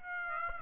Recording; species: mosquito wingbeat signal from an infrared sensor; Aedes aegypti